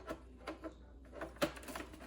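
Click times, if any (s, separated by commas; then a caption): none. The removed front cover piece of an Amzchef portable desktop range hood is handled and pushed back onto the unit's body, producing a series of light, sharp taps and knocks, the loudest near 1.4 seconds. The clip ends before the piece goes home, so nothing has seated or clicked into place yet.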